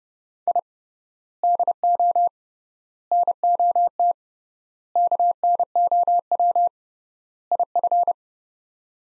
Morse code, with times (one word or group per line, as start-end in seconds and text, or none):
0.5-0.6 I
1.4-2.3 DO
3.1-4.1 NOT
5.0-6.7 KNOW
7.5-8.1 IF